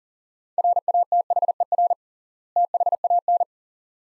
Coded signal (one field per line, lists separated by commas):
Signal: Morse code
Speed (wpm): 40 wpm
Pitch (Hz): 700 Hz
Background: none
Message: RATHER THAN